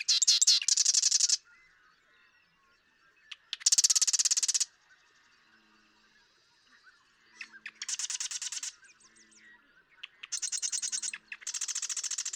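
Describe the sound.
Marsh Wren song: five loud, dry, buzzy rattles, each about a second long, separated by pauses with soft clicks and faint low calls.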